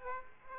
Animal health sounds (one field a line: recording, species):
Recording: mosquito wingbeat signal from an infrared sensor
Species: Aedes aegypti